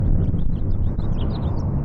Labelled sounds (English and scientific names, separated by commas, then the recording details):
House Finch (Haemorhous mexicanus) song
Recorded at Neponsit on Long Island, New York, on 4 June 1975
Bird C